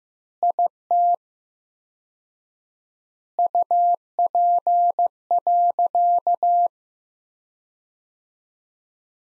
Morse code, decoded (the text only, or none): IT UP.